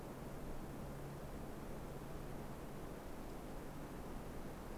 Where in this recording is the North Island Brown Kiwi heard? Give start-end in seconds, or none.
none